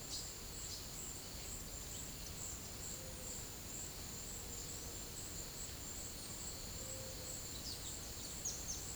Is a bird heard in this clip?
yes